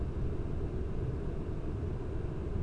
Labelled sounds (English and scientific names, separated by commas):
none